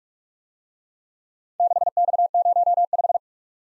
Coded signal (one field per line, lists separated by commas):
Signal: Morse code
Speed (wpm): 50 wpm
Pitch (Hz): 700 Hz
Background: none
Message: 6X05